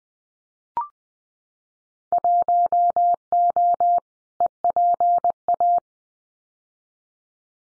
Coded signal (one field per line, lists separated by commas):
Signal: Morse code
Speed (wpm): 20 wpm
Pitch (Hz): 700 Hz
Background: none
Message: 1O EPA